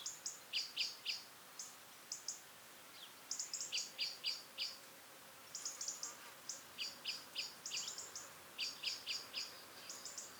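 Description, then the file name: European robin calls: dense, rapid series of short, high clicking notes in stuttering runs, with lower ticks mixed in, almost continuous throughout. "Erithacus rubecula"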